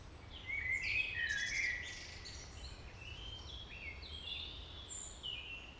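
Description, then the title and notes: Common blackbird song: a mellow warbled phrase followed by a high, squeaky twitter, with other birds chirping around it. Early evening, April 2019, Vallée des Traouiero, Trégastel, France; one blackbird with other birds; recorded with MKH 8040 ORTF pair, Sound Devices MixPre-D and Zoom H5. "Vallée des Traouiero, Trégastel, France - Blackbird song [Valley Traouïero]. yponomeutaneko"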